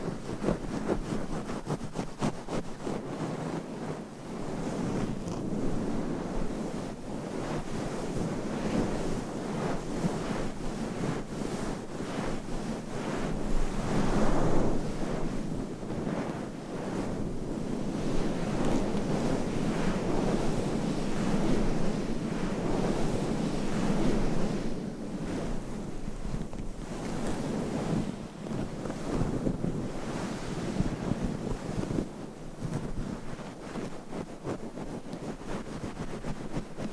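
Nails scratch continuously across microphone covers, making a dense, rustling scrape that never pauses for the full length. The sound is thick and gritty through the low and middle range, with quick flicking strokes and small swells in loudness around 14 and 24 seconds.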